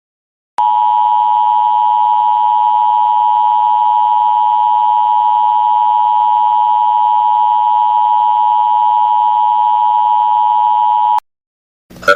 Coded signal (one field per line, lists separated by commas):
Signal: Emergency Alert System (SAME) tones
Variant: 853 and 960 Hz attention tone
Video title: Fake EAS Tornado Warning Pittsburgh - Cleveland